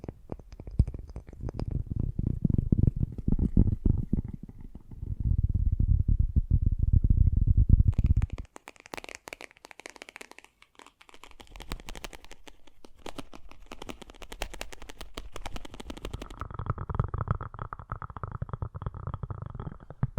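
Fast, gentle tapping in a dense patter. For the first eight seconds the taps sound soft and low, almost like a rumble, then they abruptly turn lighter and brighter, with crisp clicking that carries on to the end and grows slightly fuller after sixteen seconds.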